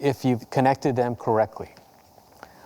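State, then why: Seated. A filter's quick-connect fitting is pushed onto the adjacent tubing fitting in the wet box of a water-concentrating sampler. Someone talks for the first 1.5 seconds, then after a quiet pause a single sharp click is heard at 2.4 s as the fitting seats.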